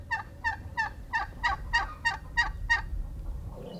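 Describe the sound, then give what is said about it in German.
Turkeys gobbling in a quick, steady run of about eight loud, warbling bursts, evenly spaced over a low background rumble, with no talking. “Bing, bing, bing, bing für die Truthähne.”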